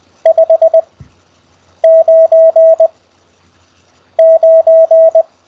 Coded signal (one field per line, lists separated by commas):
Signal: Morse code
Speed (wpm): 20 wpm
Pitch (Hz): 650 Hz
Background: none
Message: 599